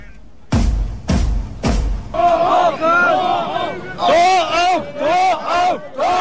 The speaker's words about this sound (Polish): Otworzyć przejście, krzyczał tłum.